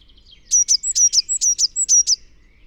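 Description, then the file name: Eurasian blue tit with a brisk series of about ten high, clipped chirps in pairs, delivered evenly over roughly one and a half seconds. "Cyanistes caeruleus"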